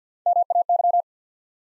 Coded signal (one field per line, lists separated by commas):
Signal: Morse code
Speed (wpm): 50 wpm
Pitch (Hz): 700 Hz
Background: none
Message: M A Y